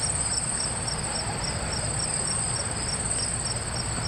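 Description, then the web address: Cicada call with a sustained high metallic tone and a regular throbbing pulse a few times per second, low noisy rumble underneath throughout. "цикады"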